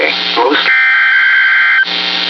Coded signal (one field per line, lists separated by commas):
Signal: Emergency Alert System (SAME) tones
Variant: header bursts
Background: speech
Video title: TESTS BEFORE ST. PATRICK'S DAY... EAS Alerts from 3/9/22-3/16/22 (EAS 919-925)